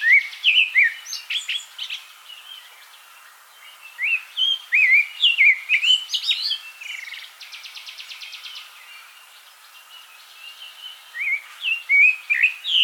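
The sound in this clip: Thrush song of bright whistled notes and rapid twittering phrases, briefly interrupted by a short buzzy trill, then resuming with sweeping whistles.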